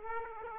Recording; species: mosquito wingbeat signal from an infrared sensor; Aedes aegypti